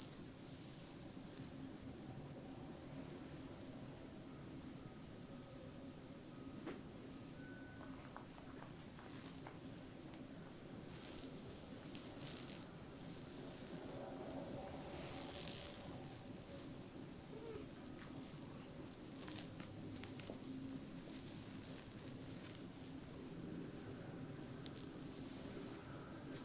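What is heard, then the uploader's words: A back being scratched, heard as a continuous dry rasping that barely lets up over the whole clip. Quick strokes blur into a dense, steady scrape, with brief brighter flicks around the middle and a faint low hum underneath. ASMR Back scratch.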